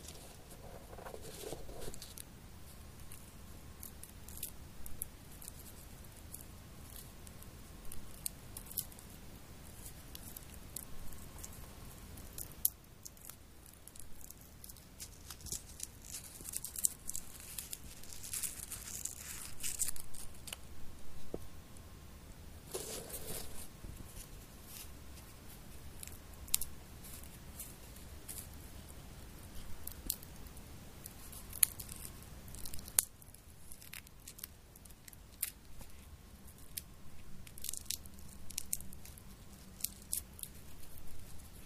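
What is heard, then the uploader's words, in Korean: Someone is eating peanuts. Soft crunches, clicks and shell or bag rustles come in irregular bursts throughout, with louder rustling stretches around 13–20 and 33–42 seconds over a low, steady background hum. 땅콩을 먹어볼게요. 오도독오도독.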